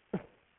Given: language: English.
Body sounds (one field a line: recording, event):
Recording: throat vibration sensor signal played as sound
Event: cough